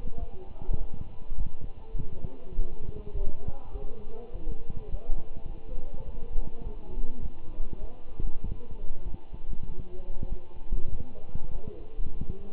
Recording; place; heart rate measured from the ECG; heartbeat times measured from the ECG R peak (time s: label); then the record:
heart sounds by stethoscope; between the tricuspid and mitral areas; 101 bpm
0.20 s: heartbeat
0.79 s: heartbeat
1.37 s: heartbeat
1.96 s: heartbeat
2.55 s: heartbeat
3.14 s: heartbeat
3.72 s: heartbeat
4.32 s: heartbeat
4.91 s: heartbeat
5.48 s: heartbeat
6.05 s: heartbeat
6.63 s: heartbeat
7.21 s: heartbeat
7.81 s: heartbeat
8.45 s: heartbeat
9.06 s: heartbeat
9.67 s: heartbeat
10.29 s: heartbeat
10.91 s: heartbeat
11.52 s: heartbeat
12.13 s: heartbeat
From the record:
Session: walking at 3.7 km/h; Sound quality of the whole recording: good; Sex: male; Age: 24 years